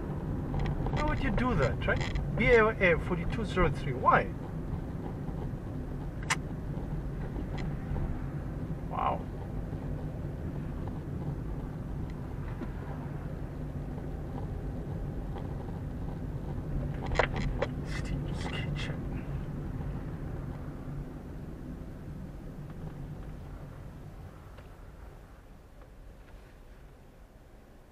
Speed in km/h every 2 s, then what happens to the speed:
28, 27, 26, 25, 24, 25, 22, 24, 24, 25, 23, 16, 7, 3.
0-19 steady at about 25. 19-28 slows to 3.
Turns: none.